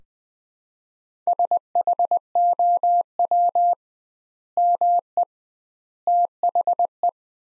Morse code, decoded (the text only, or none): SHOW ME THE